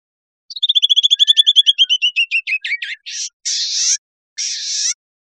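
Bird trill of quick notes slowing and falling in pitch, ending in three harsh buzzy rasps, against silence.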